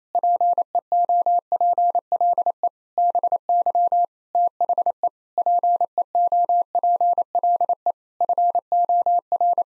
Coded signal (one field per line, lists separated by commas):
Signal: Morse code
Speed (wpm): 27 wpm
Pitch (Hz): 700 Hz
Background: none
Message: PEOPLE BY THE PEOPLE FOR